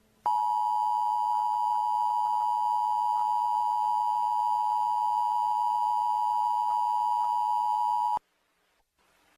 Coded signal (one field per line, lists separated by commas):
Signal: Emergency Alert System (SAME) tones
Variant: 853 and 960 Hz attention tone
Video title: Ice Storm Warning [EAS Mock] 1-24-26